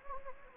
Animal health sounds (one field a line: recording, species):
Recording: mosquito wingbeat signal from an infrared sensor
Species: Anopheles gambiae